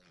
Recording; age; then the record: pig call; piglet (1 to 25 days)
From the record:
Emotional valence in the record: positive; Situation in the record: short reunion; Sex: female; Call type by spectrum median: low-frequency call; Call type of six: low-frequency tonal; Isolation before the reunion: 3 minutes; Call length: 0.10 s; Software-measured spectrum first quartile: 380 Hz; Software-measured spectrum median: 1462 Hz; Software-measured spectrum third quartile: 3422 Hz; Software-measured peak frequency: 167 Hz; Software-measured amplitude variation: 42 dB a second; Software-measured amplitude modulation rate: 14.4 a second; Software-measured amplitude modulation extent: 2.9 dB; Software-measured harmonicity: 1.4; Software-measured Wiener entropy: -1.08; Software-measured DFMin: 1026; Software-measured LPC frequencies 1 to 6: 1515, 2321, 3436, 4468, 5266, 5877 Hz